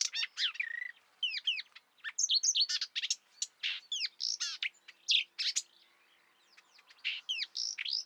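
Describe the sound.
Marsh warbler song, a fast, varied stream of sharp whistles, buzzy trills and chattering notes with brief pauses, high-pitched throughout.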